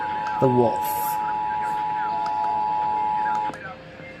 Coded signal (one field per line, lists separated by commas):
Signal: Emergency Alert System (SAME) tones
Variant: 853 and 960 Hz attention tone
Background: speech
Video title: Weeklies on Monthlys from 9/6/23 (EAS #1216 - 1224)